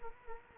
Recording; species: mosquito wingbeat signal from an infrared sensor; Culex quinquefasciatus